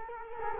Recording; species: mosquito wingbeat signal from an infrared sensor; Culex quinquefasciatus